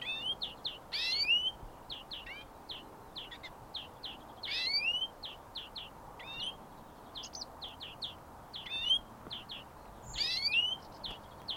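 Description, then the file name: European greenfinch calling with quick chirping notes and several louder rasping calls spaced a few seconds apart, light background noise. "Chloris chloris"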